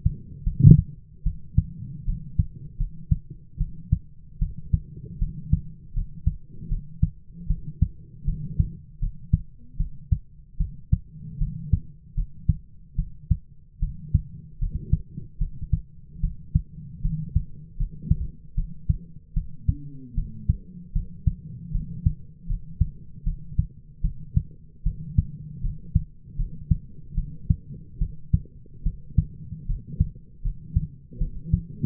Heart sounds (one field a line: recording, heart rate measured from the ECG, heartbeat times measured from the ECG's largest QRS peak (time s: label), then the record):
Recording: heart sounds by stethoscope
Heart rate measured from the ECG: 76 bpm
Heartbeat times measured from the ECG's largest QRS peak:
0.44 s: heartbeat
1.24 s: heartbeat
2.05 s: heartbeat
2.78 s: heartbeat
3.58 s: heartbeat
4.39 s: heartbeat
5.19 s: heartbeat
5.94 s: heartbeat
6.69 s: heartbeat
7.48 s: heartbeat
8.25 s: heartbeat
9.00 s: heartbeat
9.77 s: heartbeat
10.58 s: heartbeat
11.39 s: heartbeat
12.15 s: heartbeat
12.96 s: heartbeat
13.80 s: heartbeat
14.59 s: heartbeat
15.39 s: heartbeat
16.21 s: heartbeat
17.02 s: heartbeat
17.77 s: heartbeat
18.55 s: heartbeat
19.34 s: heartbeat
20.15 s: heartbeat
20.93 s: heartbeat
21.72 s: heartbeat
22.47 s: heartbeat
23.24 s: heartbeat
24.02 s: heartbeat
24.84 s: heartbeat
25.61 s: heartbeat
26.37 s: heartbeat
27.15 s: heartbeat
27.99 s: heartbeat
28.84 s: heartbeat
29.67 s: heartbeat
30.42 s: heartbeat
31.19 s: heartbeat
From the record:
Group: healthy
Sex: female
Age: 22 years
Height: 161 cm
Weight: 65.5 kg